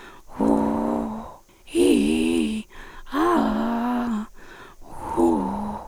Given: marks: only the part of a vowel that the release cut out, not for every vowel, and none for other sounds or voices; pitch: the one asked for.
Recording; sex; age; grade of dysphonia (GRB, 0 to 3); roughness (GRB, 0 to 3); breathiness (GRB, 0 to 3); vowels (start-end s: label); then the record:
sustained vowels; female; 40 to 49 years; 3; 2; 3
0.46-1.03 s: vowel /u/, low pitch
1.81-2.54 s: vowel /i/, low-high-low pitch
3.21-4.19 s: vowel /a/, low-high-low pitch
5.20-5.72 s: vowel /u/, low-high-low pitch
From the record:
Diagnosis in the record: recurrent laryngeal nerve paralysis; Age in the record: 45 years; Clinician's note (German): Inkomplett kompensiert